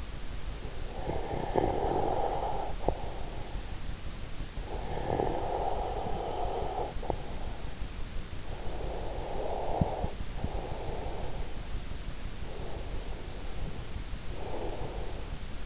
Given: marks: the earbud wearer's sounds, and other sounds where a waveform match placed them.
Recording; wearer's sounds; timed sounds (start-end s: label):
sounds in sleep by an in-ear microphone; snoring breath, breath
0.13-3.62 s: snoring breath
4.30-12.19 s: snoring breath
12.19-15.57 s: breath